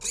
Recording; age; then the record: pig call; weaner (32 to 43 days)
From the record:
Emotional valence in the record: negative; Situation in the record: novel object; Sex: female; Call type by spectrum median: high-frequency call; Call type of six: high-frequency stable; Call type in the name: high-frequency stable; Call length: 0.11 s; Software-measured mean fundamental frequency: 259 Hz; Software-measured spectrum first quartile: 4463 Hz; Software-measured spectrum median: 6627 Hz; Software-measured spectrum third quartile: 7644 Hz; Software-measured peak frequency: 6657 Hz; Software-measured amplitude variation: 127 dB a second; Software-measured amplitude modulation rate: 9.0 a second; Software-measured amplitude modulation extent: 14.1 dB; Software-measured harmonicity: 2.0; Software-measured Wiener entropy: -2.06